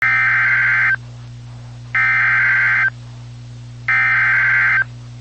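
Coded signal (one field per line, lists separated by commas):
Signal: Emergency Alert System (SAME) tones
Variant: header bursts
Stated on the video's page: Valid EAS tones of a Severe Thunderstorm Warning.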